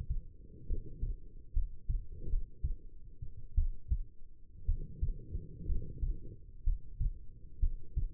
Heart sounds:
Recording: heart sounds by stethoscope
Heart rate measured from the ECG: 61 bpm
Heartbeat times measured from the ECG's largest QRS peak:
0.66 s: heartbeat
1.53 s: heartbeat
2.28 s: heartbeat
3.55 s: heartbeat
4.65 s: heartbeat
5.66 s: heartbeat
6.63 s: heartbeat
7.60 s: heartbeat
From the record:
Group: healthy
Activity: rest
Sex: female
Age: 22 years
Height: 171 cm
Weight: 65.6 kg

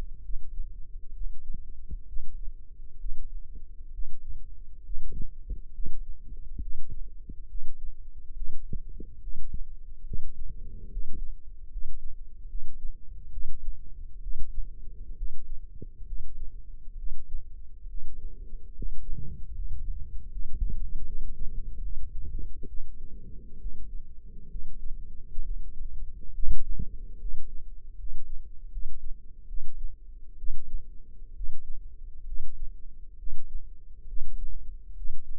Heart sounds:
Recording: heart sounds by microphone in the left ear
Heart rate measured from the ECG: 69 bpm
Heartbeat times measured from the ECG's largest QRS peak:
0.24 s: heartbeat
1.14 s: heartbeat
2.07 s: heartbeat
2.99 s: heartbeat
3.92 s: heartbeat
4.84 s: heartbeat
5.73 s: heartbeat
6.61 s: heartbeat
7.48 s: heartbeat
8.35 s: heartbeat
9.20 s: heartbeat
10.05 s: heartbeat
10.90 s: heartbeat
11.70 s: heartbeat
12.48 s: heartbeat
13.31 s: heartbeat
14.21 s: heartbeat
15.16 s: heartbeat
16.06 s: heartbeat
16.97 s: heartbeat
17.88 s: heartbeat
18.73 s: heartbeat
19.52 s: heartbeat
20.30 s: heartbeat
21.04 s: heartbeat
21.81 s: heartbeat
22.67 s: heartbeat
23.59 s: heartbeat
24.49 s: heartbeat
25.44 s: heartbeat
26.33 s: heartbeat
27.19 s: heartbeat
27.96 s: heartbeat
28.70 s: heartbeat
29.47 s: heartbeat
30.37 s: heartbeat
31.34 s: heartbeat
32.25 s: heartbeat
33.17 s: heartbeat
34.06 s: heartbeat
34.95 s: heartbeat
From the record:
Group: healthy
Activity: rest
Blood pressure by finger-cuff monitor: 110/68 mmHg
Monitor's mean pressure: 85 mmHg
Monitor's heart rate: 68 bpm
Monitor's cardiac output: 5.8 L/min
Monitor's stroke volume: 84 mL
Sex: male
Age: 35 years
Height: 178 cm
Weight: 64 kg

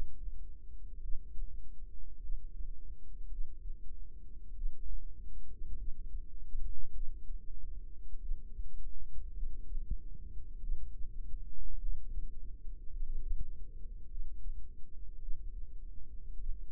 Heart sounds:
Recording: heart sounds by microphone in the right ear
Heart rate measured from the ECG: 51 bpm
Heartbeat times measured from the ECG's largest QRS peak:
1.01 s: heartbeat
2.21 s: heartbeat
3.29 s: heartbeat
4.55 s: heartbeat
5.77 s: heartbeat
6.92 s: heartbeat
8.20 s: heartbeat
9.34 s: heartbeat
10.60 s: heartbeat
11.79 s: heartbeat
12.91 s: heartbeat
14.09 s: heartbeat
15.20 s: heartbeat
16.38 s: heartbeat
From the record:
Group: healthy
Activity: rest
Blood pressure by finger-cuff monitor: 109/63 mmHg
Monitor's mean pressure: 79 mmHg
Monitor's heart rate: 51 bpm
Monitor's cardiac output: 4.8 L/min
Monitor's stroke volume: 98 mL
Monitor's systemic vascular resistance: 1190 dyn s/cm5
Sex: female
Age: 28 years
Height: 170 cm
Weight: 77 kg

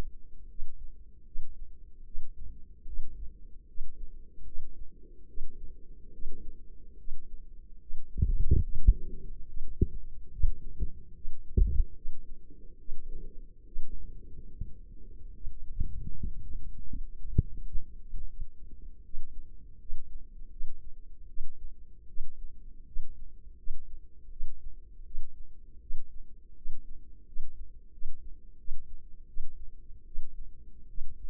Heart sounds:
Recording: heart sounds by microphone in the left ear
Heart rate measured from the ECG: 77 bpm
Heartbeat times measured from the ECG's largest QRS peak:
0.46 s: heartbeat
1.23 s: heartbeat
2.03 s: heartbeat
2.84 s: heartbeat
3.65 s: heartbeat
4.43 s: heartbeat
5.25 s: heartbeat
6.09 s: heartbeat
6.95 s: heartbeat
7.77 s: heartbeat
8.60 s: heartbeat
9.43 s: heartbeat
10.28 s: heartbeat
11.12 s: heartbeat
11.93 s: heartbeat
12.76 s: heartbeat
13.63 s: heartbeat
14.50 s: heartbeat
15.31 s: heartbeat
16.11 s: heartbeat
16.85 s: heartbeat
17.53 s: heartbeat
18.24 s: heartbeat
19.01 s: heartbeat
19.77 s: heartbeat
20.48 s: heartbeat
21.26 s: heartbeat
22.05 s: heartbeat
22.83 s: heartbeat
23.54 s: heartbeat
24.28 s: heartbeat
25.02 s: heartbeat
25.78 s: heartbeat
26.53 s: heartbeat
27.23 s: heartbeat
27.89 s: heartbeat
28.56 s: heartbeat
29.25 s: heartbeat
30.03 s: heartbeat
30.86 s: heartbeat
From the record:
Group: healthy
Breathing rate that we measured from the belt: 16 breaths a minute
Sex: female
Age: 24 years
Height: 163 cm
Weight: 55.7 kg

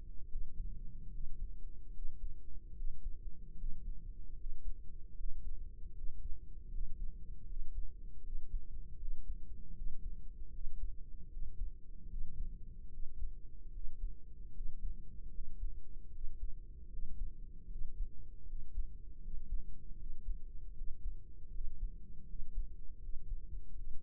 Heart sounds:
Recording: heart sounds by microphone in the right ear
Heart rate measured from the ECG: 77 bpm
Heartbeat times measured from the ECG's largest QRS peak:
0.26 s: heartbeat
1.09 s: heartbeat
1.90 s: heartbeat
2.73 s: heartbeat
3.54 s: heartbeat
4.34 s: heartbeat
5.14 s: heartbeat
5.92 s: heartbeat
6.68 s: heartbeat
7.44 s: heartbeat
8.20 s: heartbeat
8.96 s: heartbeat
9.72 s: heartbeat
10.49 s: heartbeat
11.27 s: heartbeat
12.06 s: heartbeat
12.88 s: heartbeat
13.70 s: heartbeat
14.51 s: heartbeat
15.29 s: heartbeat
16.09 s: heartbeat
16.87 s: heartbeat
17.66 s: heartbeat
18.43 s: heartbeat
19.18 s: heartbeat
19.94 s: heartbeat
20.72 s: heartbeat
21.49 s: heartbeat
22.24 s: heartbeat
22.97 s: heartbeat
23.72 s: heartbeat
From the record:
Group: healthy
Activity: Valsalva maneuver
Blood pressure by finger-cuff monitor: 122/77 mmHg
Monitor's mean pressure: 88 mmHg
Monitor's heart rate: 77 bpm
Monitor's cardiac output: 4.9 L/min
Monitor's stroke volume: 65 mL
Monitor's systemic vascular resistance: 1300 dyn s/cm5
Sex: male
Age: 20 years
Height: 167 cm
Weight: 61 kg

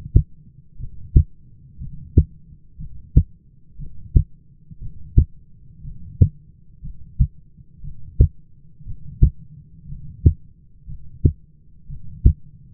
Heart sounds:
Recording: heart sounds by stethoscope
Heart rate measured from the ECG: 59 bpm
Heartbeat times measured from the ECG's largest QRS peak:
0.78 s: heartbeat
1.79 s: heartbeat
2.78 s: heartbeat
3.78 s: heartbeat
4.80 s: heartbeat
5.83 s: heartbeat
6.82 s: heartbeat
7.83 s: heartbeat
8.85 s: heartbeat
9.88 s: heartbeat
10.87 s: heartbeat
11.88 s: heartbeat
From the record:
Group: heart failure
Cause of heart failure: dilated cardiomyopathy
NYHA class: 2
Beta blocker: bisoprolol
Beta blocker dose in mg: 10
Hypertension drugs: sacubitril-valsartan, spironolactone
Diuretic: furosemide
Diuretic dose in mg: 40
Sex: male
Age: 29 years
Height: 174 cm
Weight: 92 kg

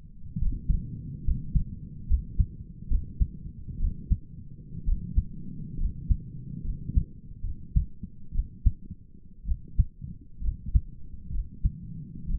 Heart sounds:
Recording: heart sounds by stethoscope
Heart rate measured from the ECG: 66 bpm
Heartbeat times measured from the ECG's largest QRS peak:
0.40 s: heartbeat
1.26 s: heartbeat
2.09 s: heartbeat
2.91 s: heartbeat
3.81 s: heartbeat
4.86 s: heartbeat
5.79 s: heartbeat
6.65 s: heartbeat
7.44 s: heartbeat
8.34 s: heartbeat
9.47 s: heartbeat
10.43 s: heartbeat
11.33 s: heartbeat
12.28 s: heartbeat
From the record:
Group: healthy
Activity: breath hold 0-6 s, rest 6-12 s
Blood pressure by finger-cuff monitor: 129/71 mmHg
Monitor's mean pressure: 89 mmHg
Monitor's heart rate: 67 bpm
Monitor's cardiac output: 6.4 L/min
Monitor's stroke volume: 95 mL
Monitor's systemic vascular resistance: 990 dyn s/cm5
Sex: male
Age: 22 years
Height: 181 cm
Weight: 79 kg

